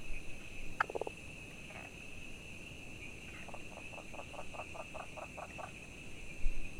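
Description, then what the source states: Frog calling, a short pulsed call early, then a steady run of about ten short pulsed notes, with a constant insect drone behind. Recorded 22 June 2019.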